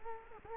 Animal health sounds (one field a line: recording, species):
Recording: mosquito wingbeat signal from an infrared sensor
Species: Culex quinquefasciatus